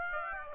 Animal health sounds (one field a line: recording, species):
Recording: mosquito wingbeat signal from an infrared sensor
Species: Aedes aegypti